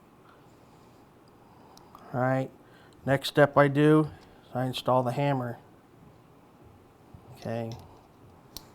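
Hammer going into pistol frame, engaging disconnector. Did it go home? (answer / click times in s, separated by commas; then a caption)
yes / 8.6 s. A hammer is installed into the steel frame of a Rock Island Armory 2011 A1 pistol, and it clicks into engagement with the disconnector. Someone talks, then a single sharp click at 8.6 s shows the hammer has seated.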